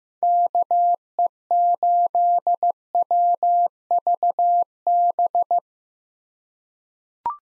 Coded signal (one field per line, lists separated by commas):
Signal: Morse code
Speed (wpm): 15 wpm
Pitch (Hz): 700 Hz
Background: none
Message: KE8WVB